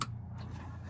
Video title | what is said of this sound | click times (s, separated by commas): Polaris Ranger Remote Start installation Dirtyteethracing.com plug-and-play remote start | You'll hear it click when it's in, | 0.0 s